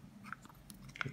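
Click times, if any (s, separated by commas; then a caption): 1.0 s. A gasket head is fitted back onto the body of a Wacaco portable espresso maker, with a few sharp plastic knocks during the fitting, including one at about 0.3 s. It clicks into place at 1.0 s and is seated.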